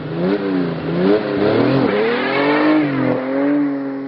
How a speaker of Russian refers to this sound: Автомобиль стоял на обочине, двигатель работал на холостом ходу, и водитель куда-то отлучился. Я решил, что это подарок судьбы. Оглянувшись, я швырнул рюкзак на пассажирское сиденье, прыгнул за руль и газанул с места.